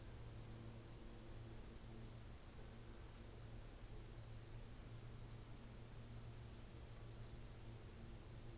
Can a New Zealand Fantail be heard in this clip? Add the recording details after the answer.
no. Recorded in New Zealand on 24 December 2018. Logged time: 14:05